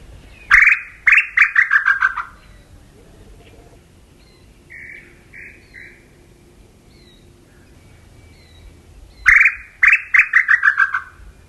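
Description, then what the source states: Tataupa Tinamou song: a quick accelerating run of falling whistled notes, a few soft faint notes in the pause, then the rapid descending series repeats. Recorded in South America.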